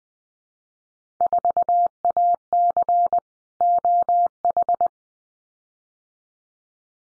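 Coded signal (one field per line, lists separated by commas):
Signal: Morse code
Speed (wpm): 20 wpm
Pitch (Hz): 700 Hz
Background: none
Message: 4AC OH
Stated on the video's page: Field Day contest exchange drill at 20 wpm, each exchange sent in Morse code, spoken, then sent again for head-copy practice.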